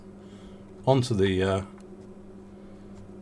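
A wire harness plug is being positioned, clip side down, onto a board connector inside a Bose SoundDock 10 speaker dock. Someone talks briefly over a low steady hum, and no click is heard. Nothing has seated or clicked yet.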